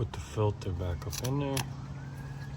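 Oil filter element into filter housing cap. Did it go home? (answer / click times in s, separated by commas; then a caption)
no / none. A paper oil filter element is handled as it is pushed back up into the plastic filter housing cap of a BMW M2/M3/M4 S55 engine, and someone talks over a low steady hum. Nothing has seated or clicked yet.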